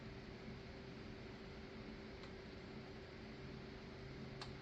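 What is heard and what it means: A bolt is threaded by hand, turned clockwise, into a Mercedes-Benz GLK350 (X204) M272 engine during a thermostat replacement, with a steady broadband hum underneath. At 4.4 s a faint, short click sounds as the two mating surfaces meet and the bolt bottoms out, seated.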